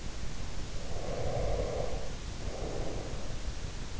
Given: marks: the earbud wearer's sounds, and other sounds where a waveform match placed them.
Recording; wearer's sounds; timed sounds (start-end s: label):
sounds in sleep by an in-ear microphone; breath
0.60-3.63 s: breath